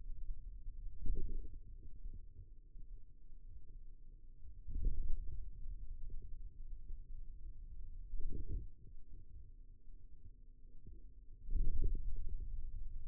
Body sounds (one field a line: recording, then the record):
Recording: forearm muscle sounds (acoustic myography)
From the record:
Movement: wrist extension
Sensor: system 2, bracelet of six BSWA MPA416 microphones around the upper forearm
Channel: 3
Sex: male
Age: 22 years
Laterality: right